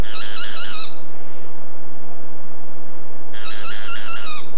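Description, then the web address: Boat-billed flycatcher song: two grating, buzzy bursts of rapid stuttering notes, each about a second long, with a pause of over two seconds between them. "cantos pitangua"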